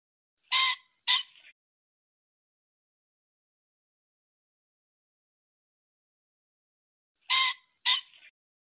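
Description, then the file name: Pheasant double squawk, loud and grating, repeated once after several seconds of silence, each pair with a short scratchy second note. "Tieng chim tri"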